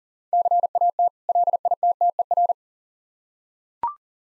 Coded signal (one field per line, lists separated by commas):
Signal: Morse code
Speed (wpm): 40 wpm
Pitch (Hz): 700 Hz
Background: none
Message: CAT LITTER